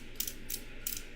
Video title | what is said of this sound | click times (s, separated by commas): Blade Talk Daily ep. 148 (8am CST -06:00GMT) New Drop Friday and Inovative knife locks! | So, this one locks into place and then you pull this back to unlock it. | 0.2 s